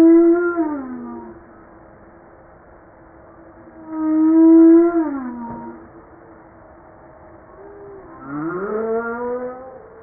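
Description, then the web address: Humpback whale song, a harmonic moan that bends downward, given twice, ending with a rising swoop. "pub JASA 2013 Blue Bowhead Fin Humpback Southern Right Whale humpback-01 940305"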